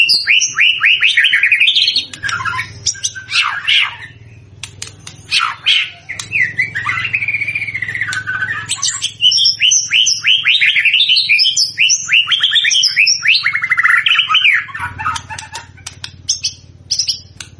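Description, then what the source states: White-rumped shama song, rich whistled phrases sliding up and down with quick chattery notes, nearly continuous, over a low hum. Lure recording of a constantly singing (gacor) white-rumped shama, played to make the bird respond at once.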